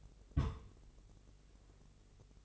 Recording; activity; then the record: daily activity, microphone in the room; place on stove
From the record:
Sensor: 4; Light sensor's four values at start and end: 18/50/19/21 and 18/50/19/20